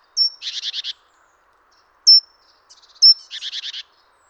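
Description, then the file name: Great tit calling: a sharp high ping followed by a buzzy, rattling chatter of five or six rapid notes, given twice with a lone ping between. "Parus major"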